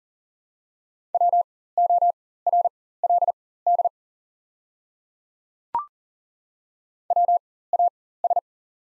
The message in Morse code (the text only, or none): WORLD WAS